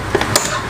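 A plastic lock part inside an Epson L120 inkjet printer, being serviced after ink flooded onto the floor, is pushed in and then slid to the left into its locked position. Two softer taps at about 0.1 and 0.2 seconds lead to a sharp click at 0.4 seconds as it seats and locks.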